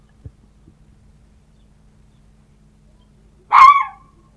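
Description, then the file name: Red fox giving a single hoarse, harsh bark near the end after a quiet stretch with a couple of faint taps. "Лиса"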